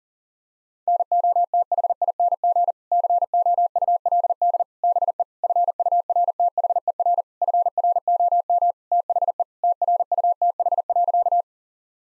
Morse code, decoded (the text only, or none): NOTHING COULD BE FURTHER FROM THE TRUTH.